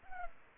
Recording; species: mosquito wingbeat signal from an infrared sensor; Culex pipiens